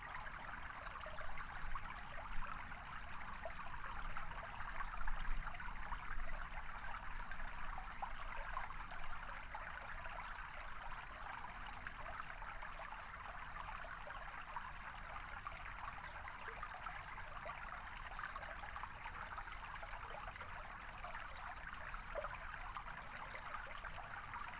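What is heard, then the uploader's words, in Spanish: Running water flows without a break for the whole stretch, a dense, even hiss and splash with the most weight in the middle and upper range. The level holds nearly constant, with only small surges around the first five seconds and no separate events. MEDITACION RIO TRANQUILO. El sonido del agua corriendo.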